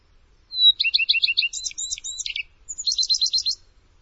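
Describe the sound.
Bird song: a thin whistle, then quick high buzzy trills and chattering notes, a short pause, and another rapid trilled burst.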